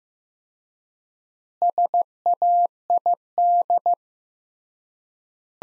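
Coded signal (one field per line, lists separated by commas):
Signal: Morse code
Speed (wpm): 15 wpm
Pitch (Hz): 700 Hz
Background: none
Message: SAID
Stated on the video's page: Morse practice sentences from the top 400 words at 15 wpm with 3x standard word spacing, a method analogous to Farnsworth.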